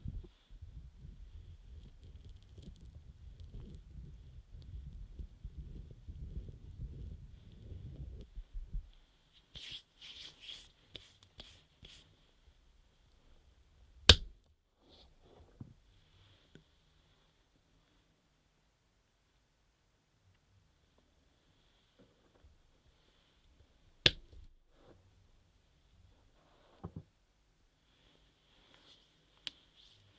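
Ear massage and care sounds: a dense, low rubbing and scrubbing fills the first eight seconds, then stops. A brighter, hissy stroking follows around ten seconds, and the rest is mostly quiet, broken by sharp taps near 14 and 24 seconds and smaller ones later.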